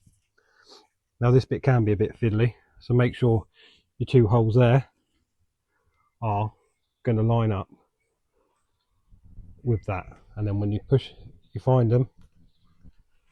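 Someone talks in bursts between 1.2 s and 12.2 s, with quiet gaps and only faint ticks near 0.4 s and 13.3 s. Nothing like a sharp snap stands out, so the part has not yet been heard seating.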